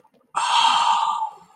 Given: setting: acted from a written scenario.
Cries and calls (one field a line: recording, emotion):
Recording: vocal sound without words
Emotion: romantic love